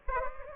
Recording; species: mosquito wingbeat signal from an infrared sensor; Anopheles gambiae